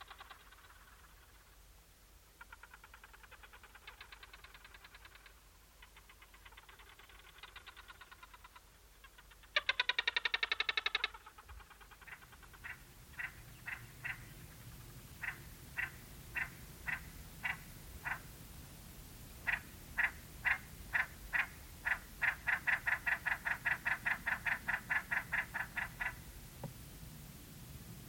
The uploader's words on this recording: African Desert is a collection of soundscapes recorded in the Namib desert. It covers a variety of locations, from sand dunes and canyons to desert pavement and rocky outcrops.